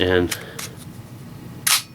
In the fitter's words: there you go. It's locked into place.